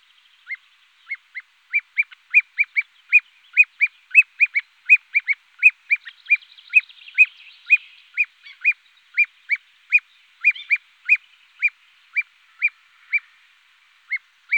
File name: ringed plover